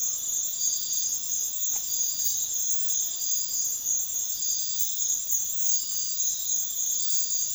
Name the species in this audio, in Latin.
none